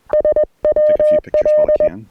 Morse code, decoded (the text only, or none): SWL